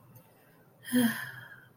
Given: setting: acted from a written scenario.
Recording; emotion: vocal sound without words; sadness